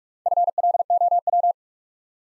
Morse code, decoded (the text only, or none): FLOW